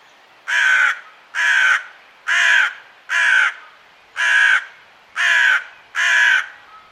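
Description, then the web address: Bird calling with harsh, hoarse caws, seven in a steady series of about one per second, each caw rough and broad. "cianscape. Deverinetal 2025. Bird Only"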